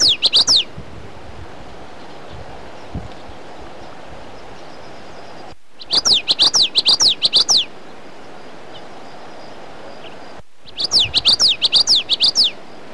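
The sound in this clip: Common yellowthroat: repeated bursts of crisp, high, lilting notes in a steady chanting pattern, about every five seconds, with soft ambient noise between.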